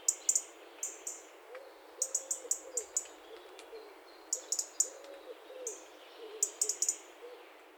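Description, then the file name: European robin calls: sharp, high ticking notes in short clusters at irregular intervals. "Erithacus rubecula"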